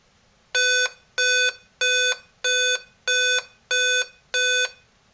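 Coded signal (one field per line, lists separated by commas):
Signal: beep code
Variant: Dell laptop BIOS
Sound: seven evenly spaced short buzzy beeps, about two per second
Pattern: 7 short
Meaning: Seven beeps on a Dell laptop indicate a processor failure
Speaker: that seven beeps usually indicates a process of problem the processor seldom fails it is most likely a motherboard issue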